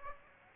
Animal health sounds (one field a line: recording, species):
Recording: mosquito wingbeat signal from an infrared sensor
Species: Aedes aegypti